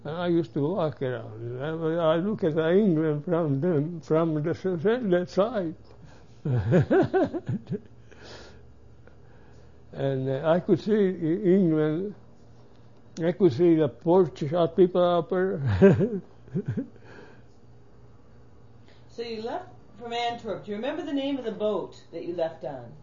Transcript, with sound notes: I used to walk around and I look at the England from the, from the side (he laughs) and I could see England. I could see the ports porches with people out there. (he laughs)
So, you left from Antwerp. Do you remember the name of the boat that you left on?